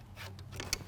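A reverse snap ring is pressed by hand, left-handed, into its groove on the shaft of an Eaton Fuller FRO16210C ten-speed truck transmission. Faint rubbing and a small tick at 0.6 s lead to a sharp metallic tick at 0.7 s as the ring drops in. The ring is seated and everything is locked in place.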